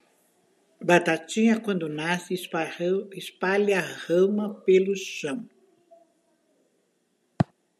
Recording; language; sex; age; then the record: short text; Brazilian Portuguese; female; 60 to 69 years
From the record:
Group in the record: control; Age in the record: 61 years